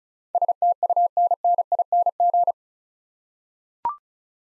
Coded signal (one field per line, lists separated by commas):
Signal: Morse code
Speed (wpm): 36 wpm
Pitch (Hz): 700 Hz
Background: none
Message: STUNNING